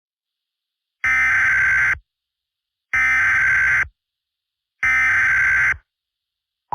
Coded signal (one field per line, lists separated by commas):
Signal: Emergency Alert System (SAME) tones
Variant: header bursts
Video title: EAS Scenario 2: The Great Tornado Outbreak